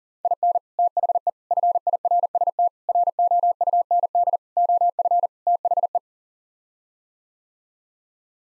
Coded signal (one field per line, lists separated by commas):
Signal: Morse code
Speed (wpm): 37 wpm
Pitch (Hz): 700 Hz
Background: none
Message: IN THE FIRST ROUND OF THE